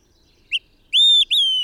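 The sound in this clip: Bird song with a brief note and two long clean whistles, the last one sliding lower, background otherwise quiet.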